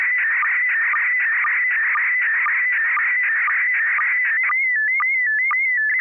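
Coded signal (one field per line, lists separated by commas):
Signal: SSTV (slow-scan television)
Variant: PD 120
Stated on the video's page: Morse during an amateur SSTV net on an FM repeater at 441.300 MHz.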